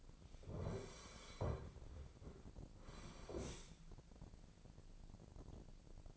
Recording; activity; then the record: daily activity, microphone in the room; sit down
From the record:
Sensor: 5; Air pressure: 1009.3 hPa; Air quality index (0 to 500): 156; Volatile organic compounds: 2 ppm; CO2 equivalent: 1196 ppm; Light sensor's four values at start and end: 274/661/279/305 and 274/661/279/304